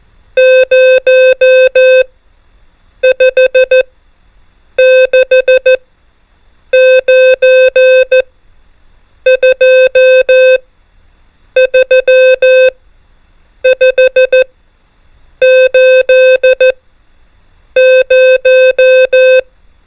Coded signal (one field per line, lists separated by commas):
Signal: Morse code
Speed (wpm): 14 wpm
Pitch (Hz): 520 Hz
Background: music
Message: 0 5 6 9 2 3 5 8 0